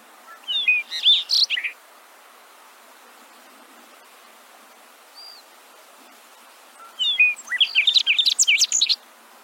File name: Canto do triste pia